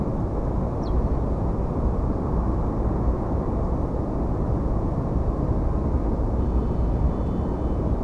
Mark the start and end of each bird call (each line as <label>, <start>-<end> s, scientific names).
Emberiza hortulana, 0.82-0.91 s